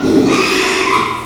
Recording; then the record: squeal of a Yucatan mini pig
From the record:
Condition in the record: after surgery on the right vocal fold (resection and tissue-engineered implant); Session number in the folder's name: 1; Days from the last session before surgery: 6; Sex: male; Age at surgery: 12 weeks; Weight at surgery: 13 kg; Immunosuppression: cyclosporine, prednisolone